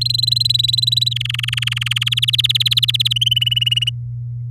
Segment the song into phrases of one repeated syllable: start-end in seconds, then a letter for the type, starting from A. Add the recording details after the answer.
0.01-1.09 A, 1.11-2.04 B, 2.06-3.13 C, 3.16-3.90 D. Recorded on 8 May 2018 at 12:06. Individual llb16